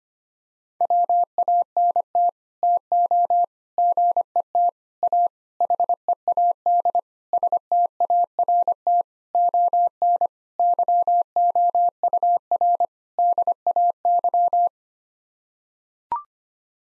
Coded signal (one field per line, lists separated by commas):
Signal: Morse code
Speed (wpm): 25 wpm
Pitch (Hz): 700 Hz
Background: none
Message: WANT TO GET A HEAD START ON YOUR DAY